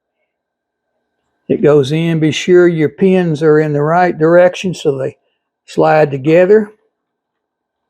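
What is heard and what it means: A battery plug is lined up with the power connector of an off-road remote control monster truck, pins aligned so they slide together, while someone talks. Speech runs from about 1.5 to 5.1 seconds and again from 5.7 to 6.7 seconds, with silence around it. Nothing has seated or clicked yet.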